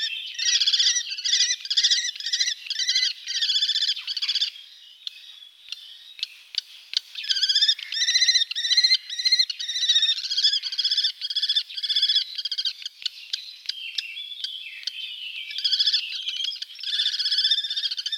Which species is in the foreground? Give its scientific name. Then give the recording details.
Falco tinnunculus. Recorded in the wild. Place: Oberrotweil am Kaiserstuhl, Baden-Württemberg, DE. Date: 1978-05-13. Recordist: Schwarz, Dieter